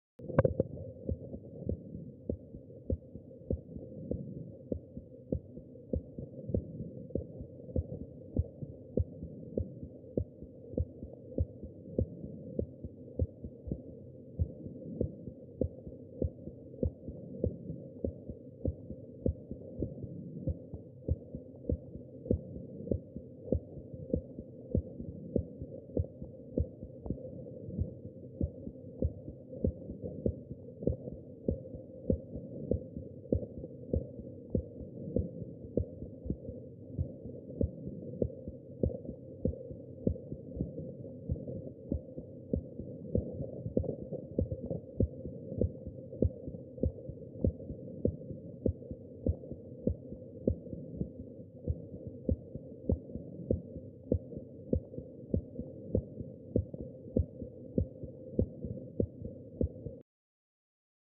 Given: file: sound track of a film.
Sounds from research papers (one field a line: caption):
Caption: Digitally recorded lung sound. Decreased lung sound recorded with Skeeper SM-300®.